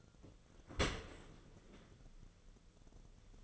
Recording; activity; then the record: daily activity, microphone in the room; open dishwasher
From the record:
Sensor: 4